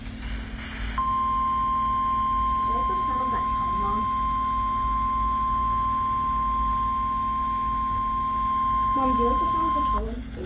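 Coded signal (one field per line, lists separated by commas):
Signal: Emergency Alert System (SAME) tones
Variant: 1050 Hz attention tone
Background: speech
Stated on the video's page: Required weekly test received on the uploader's own radio.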